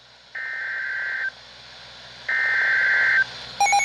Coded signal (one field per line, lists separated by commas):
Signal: Emergency Alert System (SAME) tones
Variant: header bursts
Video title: STARTING IT OFF RIGHT... EAS Alerts from 6/1/18 (EAS #1,186 - 1,209)